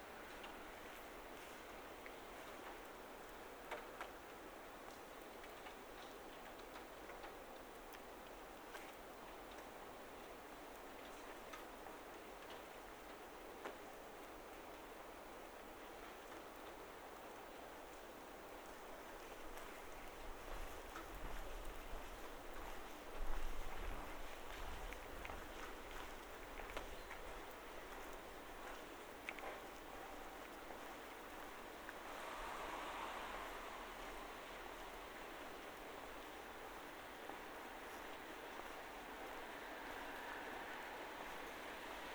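Footsteps walk through steady rain, a dense hiss of drops throughout, with a low rumble and louder splashes around twenty-three seconds.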